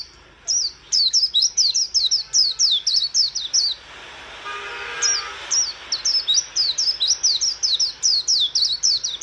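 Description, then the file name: White-eye singing long strings of rapid, high, slurred chirps, with a gap and a faint rushing sound midway. "Zosterops"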